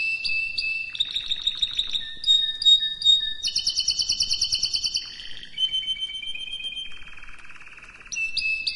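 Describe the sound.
Canary song alternating ringing trills and rapid pulsed rolls, with a low buzzy phrase and a slower whistled run in between; no other sounds.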